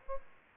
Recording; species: mosquito wingbeat signal from an infrared sensor; Aedes aegypti